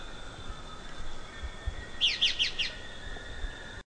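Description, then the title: Fuscous flycatcher call: a quick run of four sharp, descending high notes midway, over a steady insect-like drone and low rumbling background. "LuckyPassaro Completos2Sama. Fuscous Flycatcher (Cnemotriccus fuscatus)"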